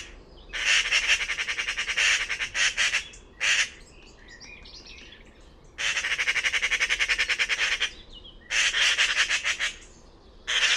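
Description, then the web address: Bird giving loud harsh rasping calls in long pulsed bursts of about two seconds, separated by short pauses, with faint softer chirps between. "cianscape birddata Deverinetal 2025"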